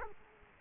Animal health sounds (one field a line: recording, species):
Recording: mosquito wingbeat signal from an infrared sensor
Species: Culex quinquefasciatus